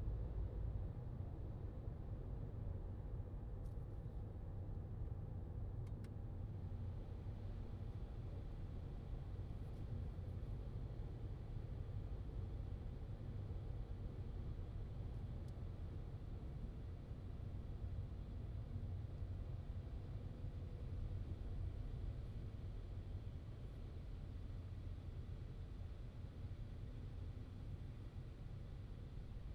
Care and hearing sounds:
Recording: everyday scene through a hearing-aid microphone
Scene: in a vehicle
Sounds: engine, highway driving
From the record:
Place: Skoda Fabia, gasoline engine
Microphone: in the ear canal, left

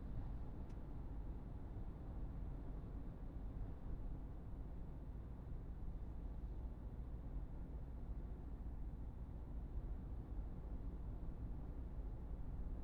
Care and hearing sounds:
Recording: everyday scene through a hearing-aid microphone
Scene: in a vehicle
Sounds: engine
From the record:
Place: Berlingo II, diesel engine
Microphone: behind the ear, right, rear

